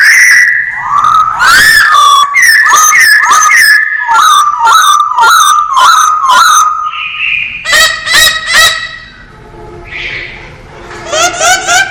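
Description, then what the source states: Masked laughingthrush: rising whistles and quick clipped notes in a long run, then a few piercing sharp notes and quieter chatter. Described as 'gacor', a bird-keepers' term for a bird in full, vigorous song.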